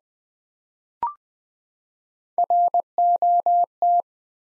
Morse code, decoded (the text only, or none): ROT